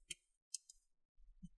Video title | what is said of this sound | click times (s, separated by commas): How to Upgrade RAM on an HP 15-dw3033dx Laptop - Step by Step✅💻 | you want to hear those clicks you want to go all the way to the back corner | 0.1 s, 0.6 s, 0.7 s